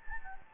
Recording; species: mosquito wingbeat signal from an infrared sensor; Anopheles gambiae